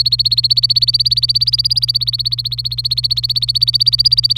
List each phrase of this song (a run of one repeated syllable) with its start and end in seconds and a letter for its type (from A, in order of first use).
0.00-4.38 A